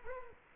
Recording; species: mosquito wingbeat signal from an infrared sensor; Culex quinquefasciatus